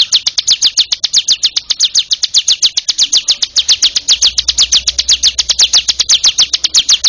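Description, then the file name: Bar-winged prinia song of quick, repeated high-pitched notes in a continuous rhythmic run, slightly uneven in spacing, over a quiet low hum. "ciblek monster"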